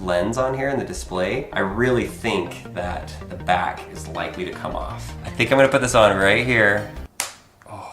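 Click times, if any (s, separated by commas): 7.2 s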